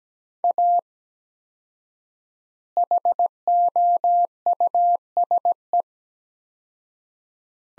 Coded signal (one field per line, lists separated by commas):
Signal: Morse code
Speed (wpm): 17 wpm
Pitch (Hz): 700 Hz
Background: none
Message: A HOUSE